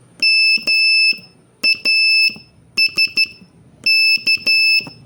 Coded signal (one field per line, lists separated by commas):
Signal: Morse code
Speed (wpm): 11 wpm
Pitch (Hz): 2650 Hz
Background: none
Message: MASK